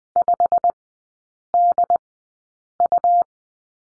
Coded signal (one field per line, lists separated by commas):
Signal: Morse code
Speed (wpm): 20 wpm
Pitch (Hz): 700 Hz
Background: none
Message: 5DU